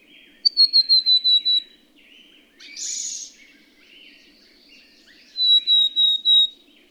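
Bird singing two runs of rapid whistled notes, the first slightly descending, separated by a rough buzzy burst, with soft chirps behind.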